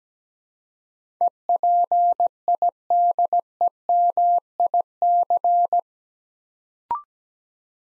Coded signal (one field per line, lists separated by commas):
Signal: Morse code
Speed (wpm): 17 wpm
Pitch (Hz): 700 Hz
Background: none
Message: EPIDEMIC